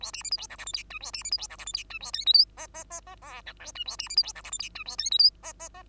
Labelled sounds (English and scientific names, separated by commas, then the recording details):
Bengalese Finch (Lonchura striata domestica) song
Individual Bird2